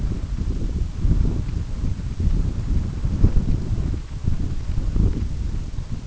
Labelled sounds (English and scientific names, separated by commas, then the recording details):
none
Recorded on Arctic tundra, site UTQI-5, on 25 June 2018
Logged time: 18:00